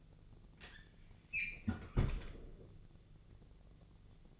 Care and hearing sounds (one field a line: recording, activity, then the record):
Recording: daily activity, microphone in the room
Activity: close fridge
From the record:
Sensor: 4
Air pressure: 1000.9 hPa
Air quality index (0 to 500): 132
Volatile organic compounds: 2 ppm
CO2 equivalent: 985 ppm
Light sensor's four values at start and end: 27/64/27/29 and 29/69/29/32